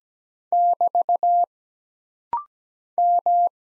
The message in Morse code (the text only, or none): <BT> M